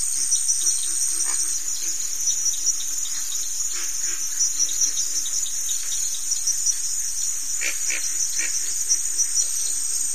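Crickets' steady high trilling chorus, with a few short bird-like chirps and rhythmic lower pulses scattered through.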